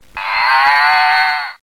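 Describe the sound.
Cow giving a single sustained moo, about one and a half seconds long, steady and rich in harmonics before tailing off abruptly, with no other sounds.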